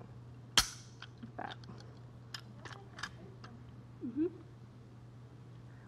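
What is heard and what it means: A rivet gun pops a rivet that closes a metal leg band on a falcon chick's leg, with a sharp, loud crack at 0.6 s that secures the band. Fainter ticks and handling sounds follow, and someone talks briefly near the end.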